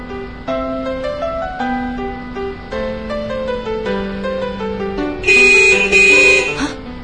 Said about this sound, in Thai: บีบแตรให้หมาเสียกำลังใจค่ะเห็นมันตั้งท่าจะข้ามถนน